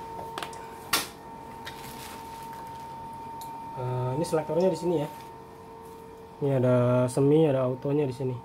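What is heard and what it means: A magazine is hooked in at the front of an AK-style gel blaster rifle, an AKM 47, then rocked back until it locks, with the catch engaging in a sharp click at 0.9 s after two faint taps near 0.4 s. Afterward someone talks over a steady background hum.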